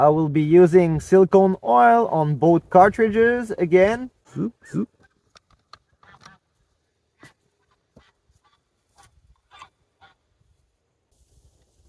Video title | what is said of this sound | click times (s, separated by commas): Barra 1866 .22 Cal CO2 Pellet Rifle: Testing Pellets with a Red Dot at 10 Meters + Plinking Fun! | I did hear a cartridge pop but it is not all the way in | 5.7 s